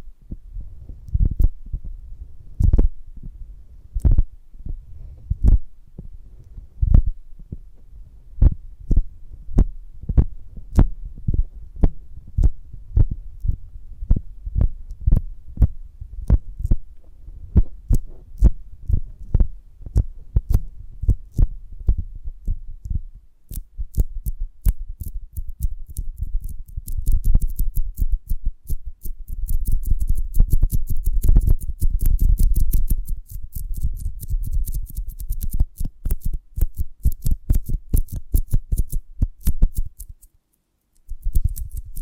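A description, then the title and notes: Sticky, crunchy handling of a honeycomb on a branch, made of soft low thumps and clicks repeating at a fairly steady, quick pace. After about 25 seconds the sounds grow denser and crisper, with bright crackles and squelches, until a brief pause near 40 seconds. ASMR of a Honeycomb on Branch (No Talking).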